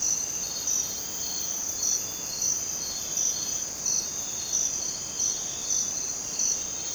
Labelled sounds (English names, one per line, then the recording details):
none
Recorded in dense forest near Puerto Asís, Putumayo, Colombia, on 27 June 2025 at 03:00
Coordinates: 0.484, -76.317
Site G045